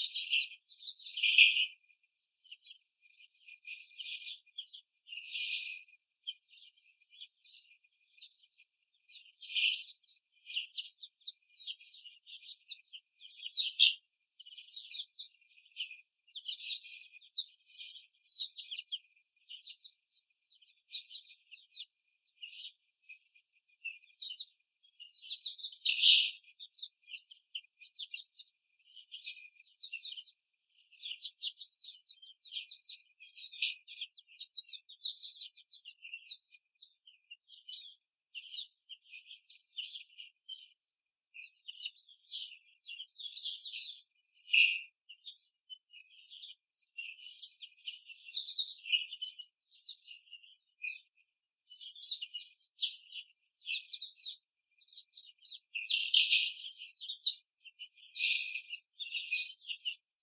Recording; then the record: young laying hens in a cage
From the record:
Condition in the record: before the stressor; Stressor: simulated dog barking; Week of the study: 3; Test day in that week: 1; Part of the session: 4